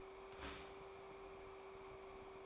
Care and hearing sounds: daily activity, microphone in the room; start toaster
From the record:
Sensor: 1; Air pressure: 1014.7 hPa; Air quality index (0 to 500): 194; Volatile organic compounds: 29 ppm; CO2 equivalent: 2937 ppm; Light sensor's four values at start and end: 4/9/3/3 and 4/9/3/3

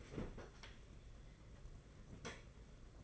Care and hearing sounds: daily activity, microphone in the room; open fridge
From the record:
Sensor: 4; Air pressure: 992.7 hPa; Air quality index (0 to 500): 166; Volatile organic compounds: 220 ppm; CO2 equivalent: 4276 ppm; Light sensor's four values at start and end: 18/59/22/23 and 18/58/22/23

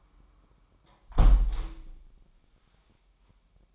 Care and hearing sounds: daily activity, microphone in the room; close window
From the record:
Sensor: 1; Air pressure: 998.7 hPa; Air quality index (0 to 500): 120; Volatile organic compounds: 3 ppm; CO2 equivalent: 1432 ppm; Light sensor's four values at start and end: 7/18/7/9 and 7/17/7/8

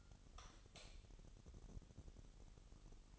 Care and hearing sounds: daily activity, microphone in the room; light off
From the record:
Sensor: 4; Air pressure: 989.2 hPa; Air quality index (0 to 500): 214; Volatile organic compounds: 64 ppm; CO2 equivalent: 3459 ppm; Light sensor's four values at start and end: 28/93/35/36 and 25/81/30/31

